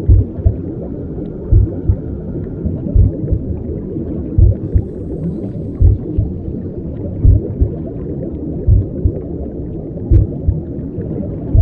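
Womb sound with the mother's heartbeat: a steady low whooshing intrauterine rumble with slow, regular paired heartbeat thumps, about 42 per minute.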